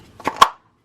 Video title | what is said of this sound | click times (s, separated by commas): HOW TO DO AN OIL CHANGE ON A BMW F30 335I (DIY) | make sure it clicks into place and then just go ahead and screw it back up | 0.4 s